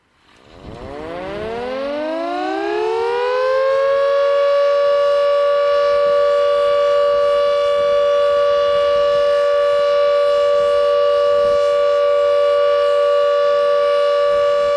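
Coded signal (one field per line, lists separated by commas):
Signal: siren signal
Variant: Carter 1H siren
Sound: a mechanical siren winds up in pitch, then holds one loud steady tone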